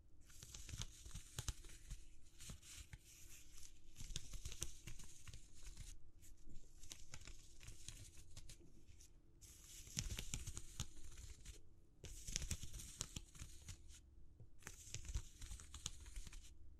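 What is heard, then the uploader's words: Textures are handled for ASMR, giving dense, crisp crinkling and scratching made of rapid ticks and crackles. It comes in bursts of a few seconds, broken by short pauses near 6, 9, 12 and 14.5 seconds. A low steady hum runs underneath throughout. ASMR Exploring Textures (No Talking).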